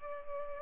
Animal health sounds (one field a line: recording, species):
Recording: mosquito wingbeat signal from an infrared sensor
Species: Culex pipiens